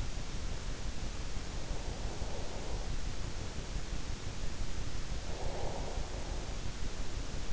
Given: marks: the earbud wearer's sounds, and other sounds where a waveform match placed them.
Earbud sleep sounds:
sounds in sleep by an in-ear microphone; breath
1.70-3.61 s: breath
5.27-7.53 s: breath

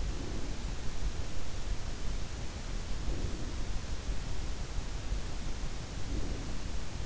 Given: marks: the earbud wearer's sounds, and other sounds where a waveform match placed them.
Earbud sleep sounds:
sounds in sleep by an in-ear microphone; breath
0.00-1.07 s: breath
2.81-3.92 s: breath
5.73-6.73 s: breath

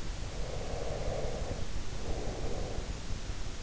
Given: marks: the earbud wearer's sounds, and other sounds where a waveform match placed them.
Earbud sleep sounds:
sounds in sleep by an in-ear microphone; breath
0.02-3.23 s: breath

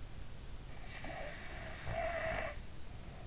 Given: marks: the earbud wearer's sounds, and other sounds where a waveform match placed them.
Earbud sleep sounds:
sounds in sleep by an in-ear microphone; snoring breath
0.90-3.13 s: snoring breath

